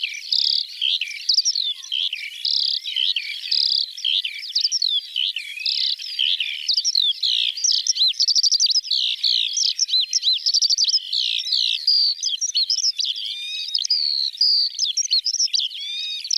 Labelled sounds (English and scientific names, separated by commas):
Eurasian Skylark (Alauda arvensis) song